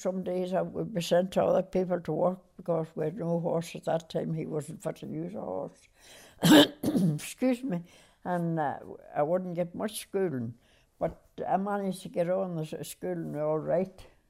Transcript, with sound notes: Some days I would be sent to other people to work because we had no horse at that time. He was fit to be a horse. ( she clears her throat ) Excuse me. And I wouldn't get much schoolin'. But I managed to get on in schoolin' all right.